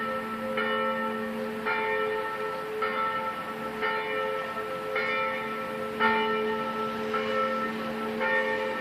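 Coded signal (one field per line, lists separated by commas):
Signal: bell signal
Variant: single small bell swung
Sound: one church bell swinging steadily, about 8 strikes roughly a second apart, ringing on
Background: outdoor ambience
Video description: -h.18:25: distesa della minore La3 5 minuti prima della messa delle 18:30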